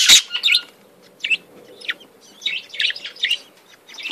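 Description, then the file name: Budgerigar chatter, a loud opening squawk followed by a steady run of short buzzy chirps and warbled notes. "Canto do periquitos ingleses"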